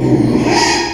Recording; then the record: squeal of a Yucatan mini pig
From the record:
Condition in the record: after surgery on the right vocal fold (resection and tissue-engineered implant); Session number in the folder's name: 2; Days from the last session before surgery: 13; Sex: male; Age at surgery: 12 weeks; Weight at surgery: 13 kg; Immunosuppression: cyclosporine, prednisolone